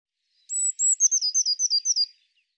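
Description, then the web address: Eurasian blue tit calling with a pair of sharp high notes followed by a rapid series of short, slightly falling buzzy notes, lasting about one and a half seconds. "cianscape birddata Deverinetal 2025 File cleaned normalized Bird Cy Ca"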